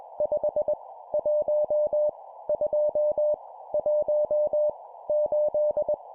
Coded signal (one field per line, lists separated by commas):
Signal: Morse code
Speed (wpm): 21 wpm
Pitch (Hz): 600 Hz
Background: none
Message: 5 1 2 1 8